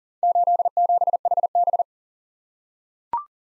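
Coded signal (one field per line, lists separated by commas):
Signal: Morse code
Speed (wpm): 41 wpm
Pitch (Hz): 700 Hz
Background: none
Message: 87HB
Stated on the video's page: Head-copy drill of random four-character letter-number groups at 40 wpm; each group sent, spoken, then sent again.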